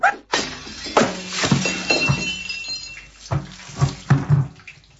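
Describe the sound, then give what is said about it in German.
A pot of water is dashed to the floor with a loud crash, then water splashes and the pot clatters and clinks in several sharp bursts for a few seconds. “Da ist noch ein Topf voll Wasser. Wirf den auch noch runter, dann kannst du den Boden auch gleich aufwischen.”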